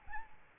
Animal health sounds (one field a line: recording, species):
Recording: mosquito wingbeat signal from an infrared sensor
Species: Aedes albopictus